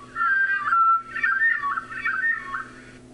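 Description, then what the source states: Hermit thrush song slowed down: fluty whistled phrases that waver, with a steady note midway, followed by warbling, quavering notes. Song slowed to half speed.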